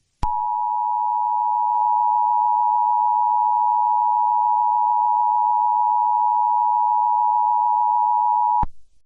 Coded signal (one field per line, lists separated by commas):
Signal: Emergency Alert System (SAME) tones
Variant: 853 and 960 Hz attention tone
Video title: IRRADIATING CHAOS: REMASTRED [EAS SCENARIO/ANALOG HORROR]